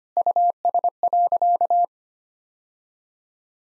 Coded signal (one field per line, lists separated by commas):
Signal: Morse code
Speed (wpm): 25 wpm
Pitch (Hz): 700 Hz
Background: none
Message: US.